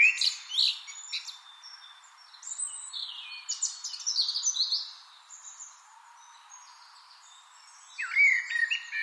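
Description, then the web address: Eurasian blackbird song: a warbled opening phrase, a run of high scratchy twitters, a quiet pause, then another mellow fluted phrase. "SETE data Turdus merula"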